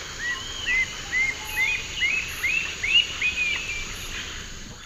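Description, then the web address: Citron-bellied attila song, a steady series of short upslurred whistles about twice a second, rising slightly in pitch, over a steady high background hiss. Call and song recorded in the eastern lowlands of South America. "Natures Songs S America Eastern Lowlands. Attila citriniventris, call and song"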